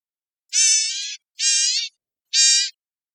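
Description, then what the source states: Bird giving three harsh, buzzy nasal calls, the first one longer and fading, each separated by short silences. Costa Rica.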